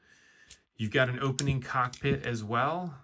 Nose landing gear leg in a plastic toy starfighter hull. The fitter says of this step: Pull that out and that snaps into place.